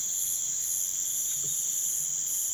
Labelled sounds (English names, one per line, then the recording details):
none
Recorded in pastures near Puerto Asís, Putumayo, Colombia, on 27 June 2025 at 04:00
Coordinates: 0.486, -76.323
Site H29